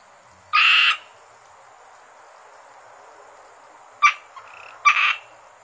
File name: rana limnocharis yannick dauby gruenrekorder